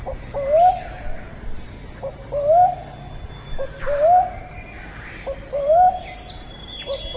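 Brown cuckoo-dove giving a rising whooped note roughly every 1.7 seconds, four times, with other birds calling higher in the background.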